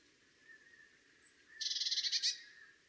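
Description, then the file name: Eurasian blue tit giving a buzzy, rapidly pulsed churring scold lasting under a second, preceded by a thin, faint high note. "Cyanistes caeruleus"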